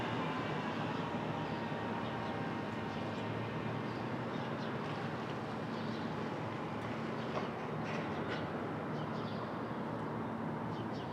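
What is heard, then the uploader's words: Steady street traffic forms a dense, unbroken low rumble with a faint hum, and brief brighter clicks and hisses surface now and then. Brooklyn Dawn, 4 - 17 - 20, Street Traffic II.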